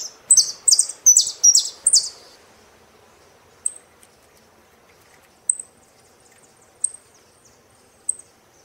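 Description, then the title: Saffron finch song opening with a loud run of rapid, buzzy notes for about two seconds, then sparse, thin high chips. "Jilguero Argentino"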